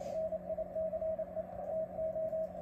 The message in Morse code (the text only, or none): NICE TO